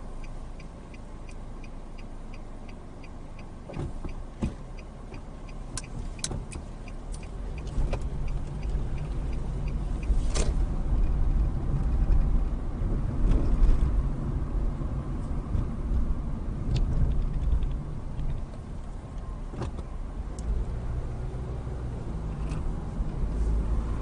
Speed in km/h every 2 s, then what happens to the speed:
0, 0, 3, 10, 18, 26, 27, 23, 15, 6, 18, 26.
0-3 standing. 3-10 pulls away to 26. 13-17 brakes to 6. 18-24 speeds up to 26.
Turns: none.